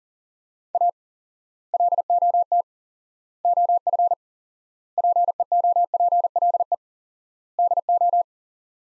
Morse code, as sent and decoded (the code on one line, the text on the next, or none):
.- / .-.. --- - / --- ..-. / .--. . --- .--. .-.. . / -.. ---
A LOT OF PEOPLE DO